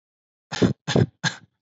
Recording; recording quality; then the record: shallow voluntary cough; excellent, no background noise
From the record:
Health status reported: healthy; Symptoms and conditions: none ticked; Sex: male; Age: 21 years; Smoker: not ticked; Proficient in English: yes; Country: India